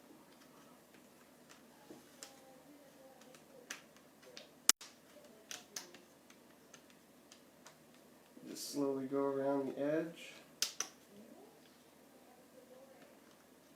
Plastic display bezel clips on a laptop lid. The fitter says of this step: and listen for the snaps just